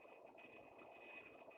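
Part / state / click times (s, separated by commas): plastic flange onto housing of scale model engine / not seated / none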